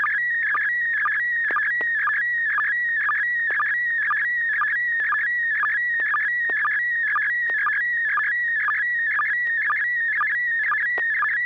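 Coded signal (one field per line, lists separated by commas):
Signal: SSTV (slow-scan television)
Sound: warbling, chirping tone around 1.5-2.3 kHz, broken by regular short lower blips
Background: low steady hum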